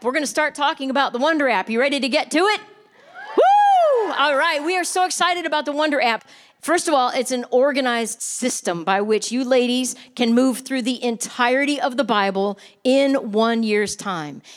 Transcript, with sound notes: we're going to start talking about the Wonder app. You ready to get to it? (cheers) All right! We are so excited about the Wonder app, First of all, it's an organized system by which you ladies can move through the entirety of the Bible in one year's time.